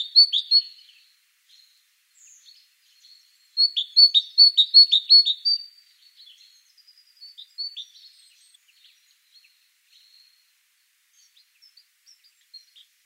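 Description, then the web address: Great tit calls: a short burst of high chattering notes, then a longer run of quick repeated notes for about two seconds, fading into scattered faint ticks. "SETE data Parus major"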